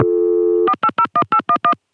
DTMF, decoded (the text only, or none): 4801811